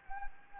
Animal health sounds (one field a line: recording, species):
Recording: mosquito wingbeat signal from an infrared sensor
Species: Anopheles gambiae